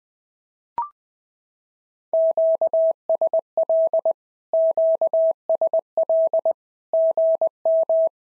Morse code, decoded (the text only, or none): QSL QSL GM